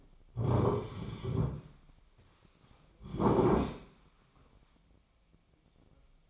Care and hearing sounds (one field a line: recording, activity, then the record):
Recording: daily activity, microphone in the room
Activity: sit down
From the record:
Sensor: 1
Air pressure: 1009.3 hPa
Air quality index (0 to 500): 178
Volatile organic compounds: 3 ppm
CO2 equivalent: 1501 ppm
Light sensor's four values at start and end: 40/105/44/52 and 43/114/47/56